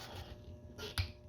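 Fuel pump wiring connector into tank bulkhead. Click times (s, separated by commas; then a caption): 1.0 s. A fuel pump electrical connector, with its lock facing away, is pushed into the bulkhead socket of the in-tank pump hanger on a dual in-tank pump system for a turbo Buick G-body. A sharp click at 0.98 s marks it locking into place. The connector is seated.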